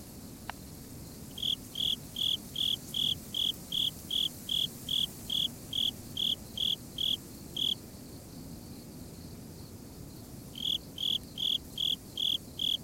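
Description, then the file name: Japanese burrowing cricket song, a steady series of high clipped chirps about two or three per second, breaking off for a few seconds before resuming; a single click near the start. "tuduresasekoorogi"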